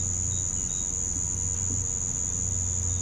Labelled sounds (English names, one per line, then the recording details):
none
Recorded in pastures near Puerto Asís, Putumayo, Colombia, on 21 December 2024 at 06:00
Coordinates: 0.505, -76.324
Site G063